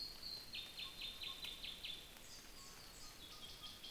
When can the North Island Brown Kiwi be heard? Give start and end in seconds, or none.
none